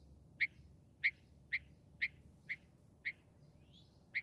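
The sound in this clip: Northern mockingbird giving harsh, clipped notes, repeated roughly twice a second over a steady background hiss.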